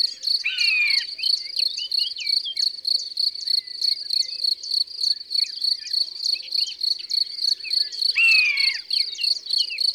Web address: Buse-variable abc-de-la-nature